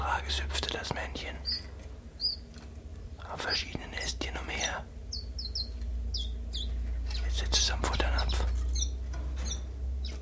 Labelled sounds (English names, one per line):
Common Chiffchaff